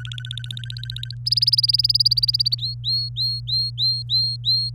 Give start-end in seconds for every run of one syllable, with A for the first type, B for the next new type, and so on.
0.00-1.14 A, 1.26-2.55 B, 2.59-4.70 C